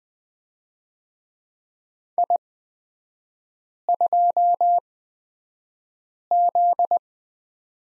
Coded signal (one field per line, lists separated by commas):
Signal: Morse code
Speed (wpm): 20 wpm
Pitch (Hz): 700 Hz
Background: none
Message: I2Z